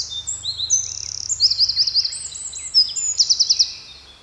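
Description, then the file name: Eurasian wren song: a rapid outpouring of very high, sharp notes with fast buzzy trills near the middle and end, plus a faint low hum underneath. "Troglodytes troglodytes"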